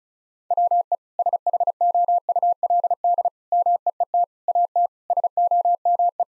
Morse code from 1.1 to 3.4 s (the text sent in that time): SHOULD